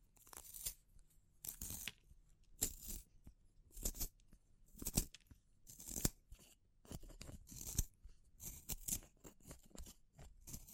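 Wood, bamboo and straw being handled in a series of short, crisp scratching and crunching bursts, each lasting a fraction of a second, roughly one per second. The sounds are bright and dry, with quiet pauses between them and a faint low rumble underneath.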